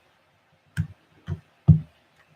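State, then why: Not seated. A plastic diffuser panel is being pushed onto the front of a small ProMaster Super Slim rechargeable LED video light. Three short, low handling knocks are heard, with sharp onsets near 0.8 s and 1.7 s. Nothing has seated or clicked yet.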